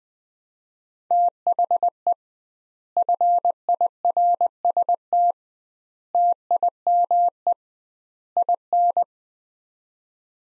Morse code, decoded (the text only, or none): THE FIRST TIME IN